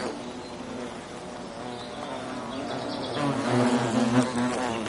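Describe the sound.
European hornet buzzing, a steady low drone that grows louder and wavers in pitch toward the end.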